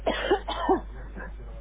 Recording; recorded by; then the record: voluntary cough; telephone call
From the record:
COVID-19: positive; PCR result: checked with the laboratory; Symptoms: yes